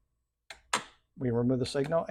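The mechanical latch of an Omron machine safety gate lock is closed into the safety door lock to re-enable the system, giving two sharp metallic clicks at 0.5 s and 0.7 s as it engages. Someone then talks, and the latch is seated.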